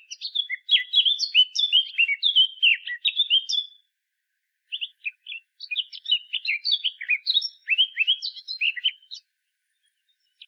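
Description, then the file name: Eurasian blackcap singing two bursts of fast, jumbled warbling, each a few seconds long with high twittering notes, separated by a short silent pause. "Sylvia atricapilla"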